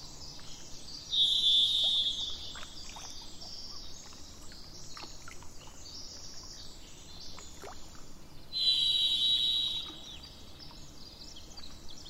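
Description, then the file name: Thrush song: two drawn-out, pure whistled notes about seven seconds apart, the second slightly lower, set against steady high-pitched hiss and faint low rumble. 27 April 2004, with truck noise in the background. "040427-thrushandtrucks"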